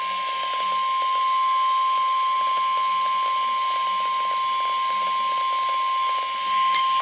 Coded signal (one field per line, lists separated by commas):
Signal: Emergency Alert System (SAME) tones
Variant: 1050 Hz attention tone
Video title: Required Weekly Test - EAS #156